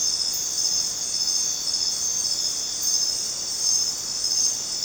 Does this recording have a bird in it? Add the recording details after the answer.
no. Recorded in dense forest near Puerto Asís, Putumayo, Colombia, on 29 June 2025 at 22:30. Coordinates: 0.484, -76.317. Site G045